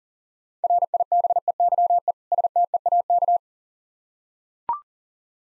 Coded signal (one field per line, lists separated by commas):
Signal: Morse code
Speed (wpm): 40 wpm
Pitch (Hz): 700 Hz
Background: none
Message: RIBEYE STEAK